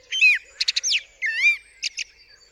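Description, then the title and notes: Common blackbird singing mellow whistled phrases, with quick high twittery notes between and after them. Singing on a studio roof, UK, 8 April 2020 around 7am during Covid-19 lockdown; recorded with a parabolic dish, MKH50 and MKH30 microphones in M/S and a Sonosax R4+ recorder. "Blackbird On A Still Morning. I would like to share this recording I made this morning on the 8th April 2020 around 7am. A Blackbird singing on the roof of my studio"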